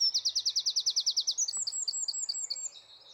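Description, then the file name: Eurasian wren song: a loud, evenly pulsed high rattle of over a dozen notes, followed by a run of thin, high chirps that fades out. "Troglodytes troglodytes"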